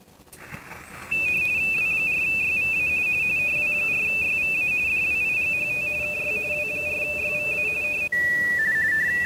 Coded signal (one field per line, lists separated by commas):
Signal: RTTY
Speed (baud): 45.45 baud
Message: W4YVA W4YVA DWIGHT KY W4YVA M